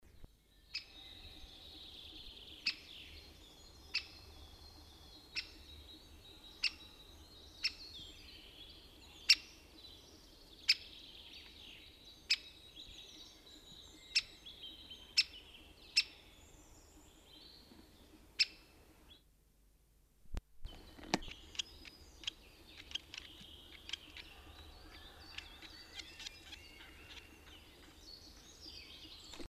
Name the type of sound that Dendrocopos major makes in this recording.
call